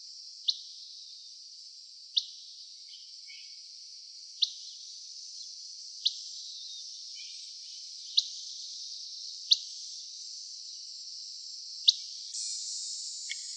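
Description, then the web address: Buff-breasted flycatcher calls, short sharp pit notes repeated about every two seconds over a steady high insect hiss, with a few faint chirps between them. Calls recorded in Arizona on 3 August 2006. "Flycatchers AZFO BBFL CALLS deviche. 060803"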